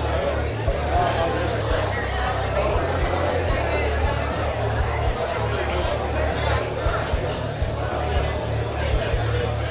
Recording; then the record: background sound without coughing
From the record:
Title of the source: CITY SOUNDS Busy Bar in the Evening Night - 2 HOURS of Ambiance for Relaxation